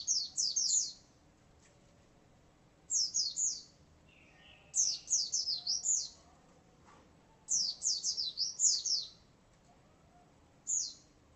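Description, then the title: White-eye song: high, sharp down-slurred notes in rapid clusters of several, separated by short pauses, ending with one lone note. "Pleci"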